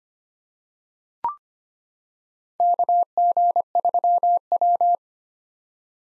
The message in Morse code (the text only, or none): KG3W